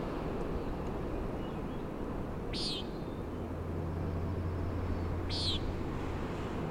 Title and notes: Common Nighthawk at Schoodic Head. Common Nighthawk "peenting" and "wing booms" 3:58am on top of Schoodic Head (Schoodic Div., Acadia National Park)